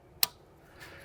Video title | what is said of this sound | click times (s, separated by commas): Audi S5 Rear Brake Rotor & Pad Replacement DIY(2018-2025 Audi B9 S4, S5 Sportback, Convertible, SQ5) | And you'll hear it engage, making sure it doesn't spin or rotate. | 0.2 s